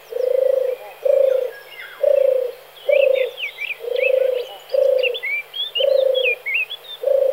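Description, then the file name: European turtle dove song: steady soft purring phrases about once a second, while other small birds chirp and whistle in quick bursts over it. "tortora"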